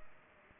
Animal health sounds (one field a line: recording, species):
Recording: mosquito wingbeat signal from an infrared sensor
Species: Culex pipiens